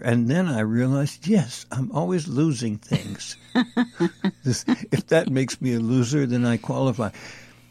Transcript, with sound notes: And then I realized, yes, I'm always losing things.
(laughs)
If that makes me a loser then I qualify.